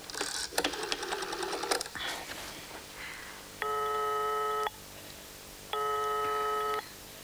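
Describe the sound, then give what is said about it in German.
A telephone is dialed with a burst of rapid mechanical clicking, then two long, steady electronic ringing tones sound, separated by a short pause. “Kann ich mal telefonieren?”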